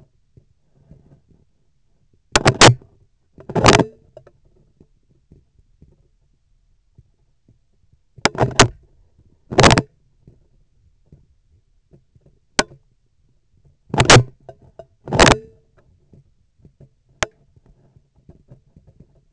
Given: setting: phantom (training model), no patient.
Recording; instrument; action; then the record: laparoscopic instrument, vibration sensor on the handle end; scissors; opening and closing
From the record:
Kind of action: tool actuation without material contact